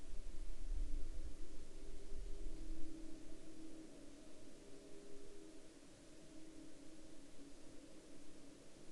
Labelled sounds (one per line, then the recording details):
man-made sound
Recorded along the Dalton Highway, Alaska, on 24 April 2019 at 20:41
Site 05